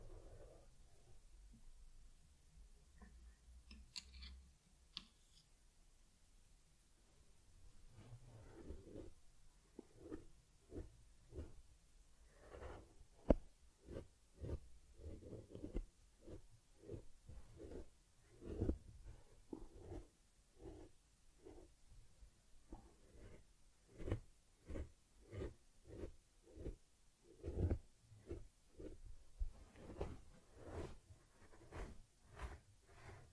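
Ear cleaning on a teddy bear: quiet at first, then dense, irregular soft scratching and rubbing strokes from about eight seconds, with occasional sharp clicks.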